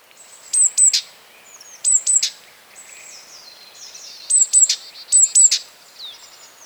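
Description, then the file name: Great tit giving groups of two or three piercing high notes with a slight downward slide, repeated at irregular intervals over quieter background chirping. "Parus major"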